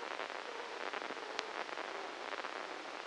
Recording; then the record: brain microelectrode recording played as sound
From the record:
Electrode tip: inside the subthalamic nucleus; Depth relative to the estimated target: -1 mm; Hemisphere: left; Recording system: NeuroSet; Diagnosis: Parkinson's disease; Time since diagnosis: 13 years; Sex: male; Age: 63 years